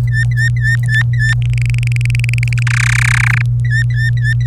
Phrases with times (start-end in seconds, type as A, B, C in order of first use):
0.08-1.34 A, 1.42-2.63 B, 2.67-3.42 C, 3.64-4.47 A